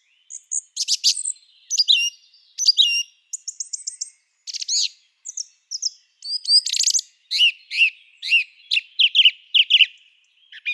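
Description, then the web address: Song thrush song of crisp, varied phrases. Several short notes are repeated in fast runs, then a string of sharp, downward-sliding whistles follows. The background is quiet. "Schulze Peter Song Thrush song"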